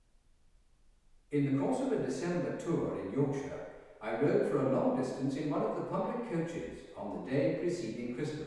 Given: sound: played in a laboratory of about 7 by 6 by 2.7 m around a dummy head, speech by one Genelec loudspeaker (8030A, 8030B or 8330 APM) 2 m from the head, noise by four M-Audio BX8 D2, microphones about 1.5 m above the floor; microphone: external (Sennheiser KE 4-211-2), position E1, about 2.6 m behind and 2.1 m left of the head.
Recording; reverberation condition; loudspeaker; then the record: male speech in English; high; in front (0 degrees)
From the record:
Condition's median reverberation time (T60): about 1300 ms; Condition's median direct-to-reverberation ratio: about -4.0 dB